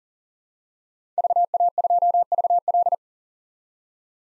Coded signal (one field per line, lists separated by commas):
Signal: Morse code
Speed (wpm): 40 wpm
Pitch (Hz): 700 Hz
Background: none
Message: VA2VL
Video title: 2023 SOTA Chaser Call Signs - 40wpm